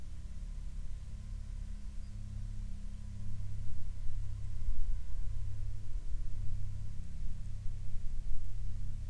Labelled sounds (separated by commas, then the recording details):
aircraft
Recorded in the Prudhoe Bay oil fields, Alaska, on 20 June 2019 at 11:52
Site 13